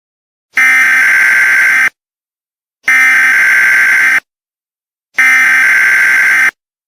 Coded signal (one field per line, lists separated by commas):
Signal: Emergency Alert System (SAME) tones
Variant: header bursts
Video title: EAS: PIA